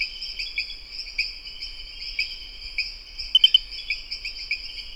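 Pristimantis espedeus: rain frog call: a single quick triplet of bright, high clicking notes late, partly masked by a steady, droning insect chorus.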